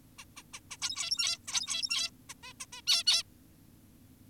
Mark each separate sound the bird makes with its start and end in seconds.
0.19-0.25, 0.37-0.43, 0.54-0.60, 0.71-0.77, 0.82-1.38, 1.48-2.10, 2.30-2.34, 2.43-2.53, 2.60-2.66, 2.73-2.82, 2.87-3.04, 3.07-3.23